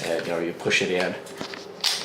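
Someone talks while pushing a magazine into the magazine well in the grip of a Ruger SR9c compact 9mm striker-fired pistol, whose magazines were hard to install when new but now go in with a little push. Handling noise and a brief sharp tap near 1.5 s are heard under the talking. The magazine has not seated or clicked home yet.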